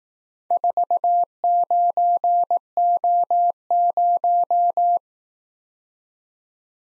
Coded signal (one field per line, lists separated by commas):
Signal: Morse code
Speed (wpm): 18 wpm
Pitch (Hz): 700 Hz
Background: none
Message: 49O0